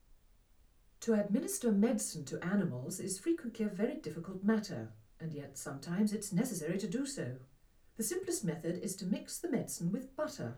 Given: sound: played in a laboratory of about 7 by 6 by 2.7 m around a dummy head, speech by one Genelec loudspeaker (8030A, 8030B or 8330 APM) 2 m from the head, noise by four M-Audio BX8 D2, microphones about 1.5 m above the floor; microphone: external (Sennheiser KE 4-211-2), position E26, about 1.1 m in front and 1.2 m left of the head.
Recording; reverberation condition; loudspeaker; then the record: female speech in English; low; behind (180 degrees)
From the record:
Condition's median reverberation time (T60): about 310 ms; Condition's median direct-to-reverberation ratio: about 3.5 dB